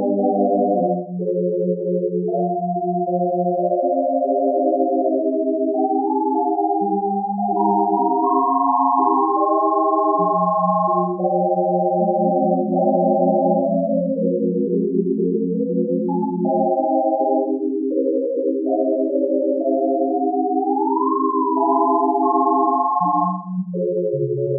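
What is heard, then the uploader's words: Pure sine tones in 31-tone equal temperament sound in layered chords, a low line and upper voices shifting steadily with occasional gliding pitches. Improvisation With Sine Waves (in 31 tone equal temperament). Sine waves in 31 tone equal temperament.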